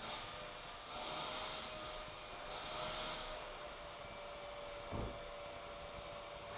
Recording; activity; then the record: daily activity, microphone in the room; vacuum cleaning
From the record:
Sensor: 5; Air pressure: 1009.7 hPa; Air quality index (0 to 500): 167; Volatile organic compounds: 4 ppm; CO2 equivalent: 1619 ppm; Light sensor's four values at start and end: 110/289/118/127 and 110/288/118/126